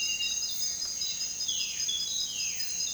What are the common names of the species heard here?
White-shouldered Antbird, Violaceous Jay